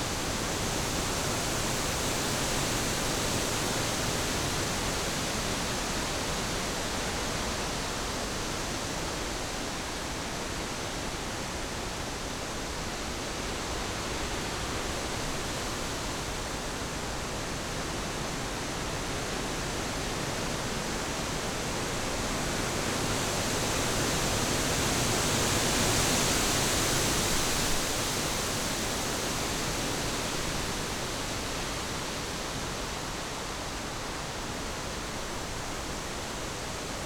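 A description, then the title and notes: Wind blows steadily through the forest as a dense, even rush, swelling slightly louder and brighter around twenty-five seconds before settling back. Wind Blowing in the Forest.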